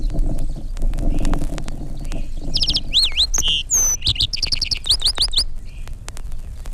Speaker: Listen now to the lark sparrow, who sometimes puts in a buzzy note.